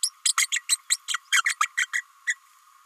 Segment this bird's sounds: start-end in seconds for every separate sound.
0.03-0.10, 0.25-0.33, 0.37-0.48, 0.52-0.62, 0.69-0.78, 0.90-0.98, 1.08-1.19, 1.31-1.42, 1.60-1.68, 1.77-1.87, 1.93-2.03, 2.26-2.36